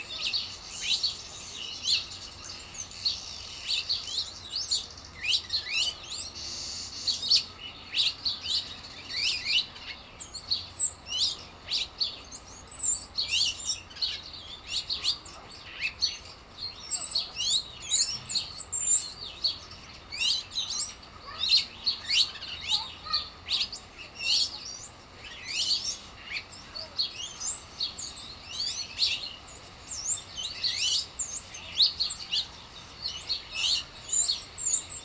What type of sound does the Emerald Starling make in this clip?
call